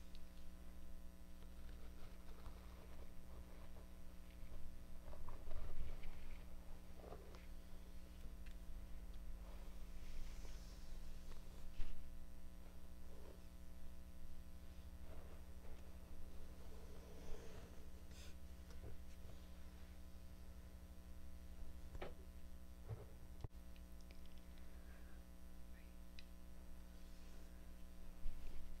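A scalp check and hair mask, with soft rustles, faint ticks and brushing over a steady low electrical hum.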